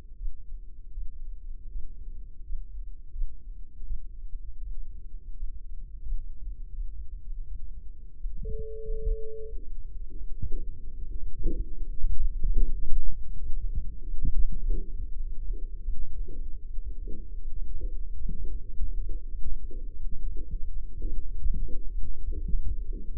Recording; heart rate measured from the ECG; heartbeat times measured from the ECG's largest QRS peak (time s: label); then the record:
heart sounds by microphone in the left ear; 93 bpm
0.14 s: heartbeat
0.90 s: heartbeat
1.68 s: heartbeat
2.41 s: heartbeat
3.10 s: heartbeat
3.83 s: heartbeat
4.59 s: heartbeat
5.32 s: heartbeat
6.00 s: heartbeat
6.71 s: heartbeat
7.44 s: heartbeat
8.14 s: heartbeat
8.80 s: heartbeat
9.46 s: heartbeat
10.14 s: heartbeat
10.85 s: heartbeat
11.48 s: heartbeat
12.09 s: heartbeat
12.72 s: heartbeat
13.38 s: heartbeat
14.00 s: heartbeat
14.60 s: heartbeat
15.20 s: heartbeat
15.81 s: heartbeat
16.40 s: heartbeat
16.97 s: heartbeat
17.55 s: heartbeat
18.14 s: heartbeat
18.73 s: heartbeat
19.29 s: heartbeat
19.86 s: heartbeat
20.43 s: heartbeat
21.02 s: heartbeat
21.59 s: heartbeat
22.15 s: heartbeat
22.72 s: heartbeat
From the record:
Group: healthy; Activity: rest 0-8 s, light exercise 8-23 s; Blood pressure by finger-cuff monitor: 122/79 mmHg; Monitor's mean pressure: 93 mmHg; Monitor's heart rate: 93 bpm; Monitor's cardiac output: 7.3 L/min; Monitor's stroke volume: 77 mL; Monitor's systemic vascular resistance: 910 dyn s/cm5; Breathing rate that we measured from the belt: 22 breaths a minute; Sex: male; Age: 21 years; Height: 180 cm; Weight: 67.5 kg